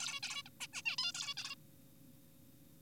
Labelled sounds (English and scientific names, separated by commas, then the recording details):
Zebra Finch (Taeniopygia guttata)
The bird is an adult
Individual g4p5U